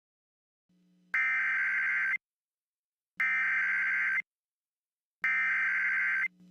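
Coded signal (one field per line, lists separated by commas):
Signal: Emergency Alert System (SAME) tones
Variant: header bursts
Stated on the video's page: Fictional custom scenario, nothing real.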